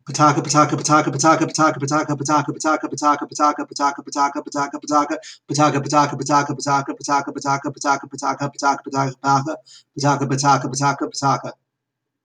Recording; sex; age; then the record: repeated syllables /pa ta ka/; male; 30 to 39 years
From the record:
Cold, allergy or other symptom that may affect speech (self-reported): no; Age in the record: 34 years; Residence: Virginia, United States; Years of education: 16